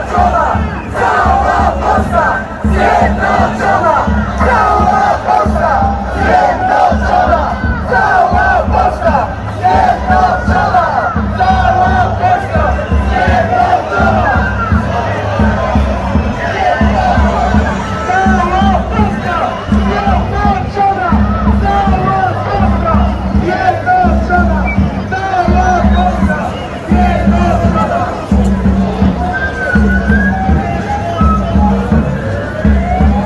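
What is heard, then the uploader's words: A street protest, with a large crowd chanting and shouting together in a dense, steady roar that never lets up. Voices overlap closely over a constant low rumble, and near the end a rising tone, likely a siren, cuts faintly through the noise. Anti Vaccination Passport Protest in Katowice, Poland.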